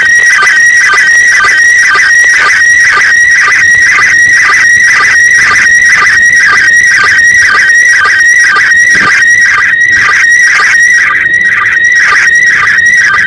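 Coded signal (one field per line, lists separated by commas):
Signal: SSTV (slow-scan television)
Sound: steady whistling tone with regular warbling dips, repeating about twice a second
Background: radio static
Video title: รับสัญญาณ ARISS SSTV ริมหาดบางแสน by E25CHP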